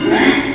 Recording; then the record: squeal of a Yucatan mini pig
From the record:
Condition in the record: after surgery on the right vocal fold (resection and tissue-engineered implant); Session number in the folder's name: 4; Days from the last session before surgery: 42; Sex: male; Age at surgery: 12 weeks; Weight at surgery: 13 kg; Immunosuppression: cyclosporine, prednisolone